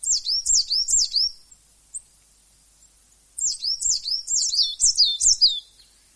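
Coal tit song in two bursts of rapid, high, repeated two-part notes with a quiet gap of about two seconds between them.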